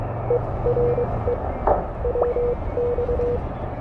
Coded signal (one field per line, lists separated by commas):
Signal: Morse code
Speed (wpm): 23 wpm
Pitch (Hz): 480 Hz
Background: none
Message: ERE WX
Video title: K1 HAM Radio Beach Day.